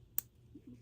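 After its grooved sliding switch is pulled back to unlock it, the folding handle of a compact single-shot Trailblazer Firearms LifeCard .22 Magnum pistol is swung open until it locks. A single faint, sharp click at 0.2 s is followed by quiet low handling sounds. The click is a light rather than tactile one, but the handle locks open and will not fold back up.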